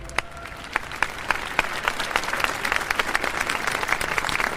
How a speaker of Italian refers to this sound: L'applauso liberatorio sigilla il 23 marzo 2016 il lungo e intenso minuto di silenzio in piazza della Borsa a Bruxelles.